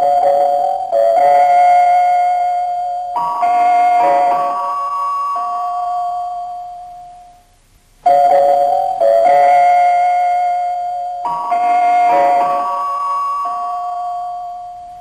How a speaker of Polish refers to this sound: To było powodem zmiany sygnału Polskiego Radia? W pewnym sensie tak. To może posłuchajmy ten sygnał, ale to wytłumaczę jeszcze dlaczego, bo przyczyny są znacznie głębsze.